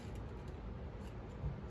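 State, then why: Not seated. A small camera circuit board is being lined up left to right with the opening in a plastic device enclosure, under the retention bumps, before it is pressed down. Only quiet, low handling rustle is heard, growing slightly louder around 1.5 s. The board has not snapped into place yet.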